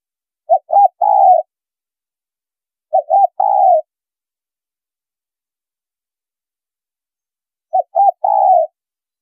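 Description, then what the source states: Spotted dove calling three times, each phrase two quick short coos then a longer slurred coo, with silent gaps between. Female bird.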